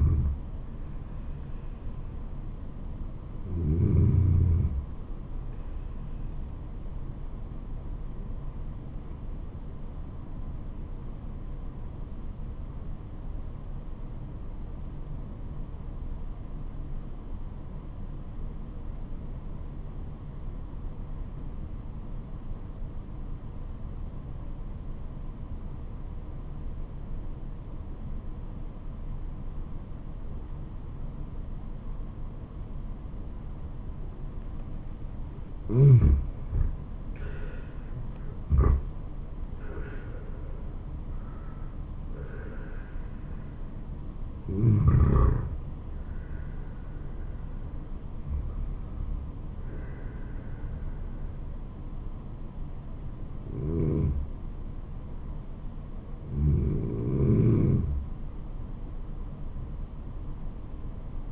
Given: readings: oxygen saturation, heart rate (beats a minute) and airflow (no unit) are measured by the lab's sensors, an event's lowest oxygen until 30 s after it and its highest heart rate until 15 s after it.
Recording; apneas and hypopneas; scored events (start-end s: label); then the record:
breathing in sleep by a smartphone at the bedside; 1
8.00-37.00 s: obstructive apnea (N1, oxygen 97% highest, then 84% lowest, heart rate 74 at the start, 81 highest)
24.00-54.00 s: new sleep stage, N2 (light sleep)
54.00-61.32 s: new sleep stage, N1 (lightest sleep)
From the record:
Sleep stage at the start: N1 (lightest sleep); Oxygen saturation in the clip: 85 to 97%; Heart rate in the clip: 69 to 81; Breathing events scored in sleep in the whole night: 426 in 7.4 hours asleep